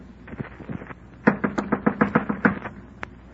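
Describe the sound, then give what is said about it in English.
A quick, steady run of about ten sharp knocks with the knuckles on a door at the top of a stairway, after a few faint taps, then a short pause and one last knock. No voices. “Clenched my teeth, my knuckles, and knocked on the door.”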